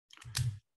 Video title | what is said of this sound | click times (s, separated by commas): Episode 4 - Guns 101 & Firearm Storage | it goes in like that and locks into place | 0.4 s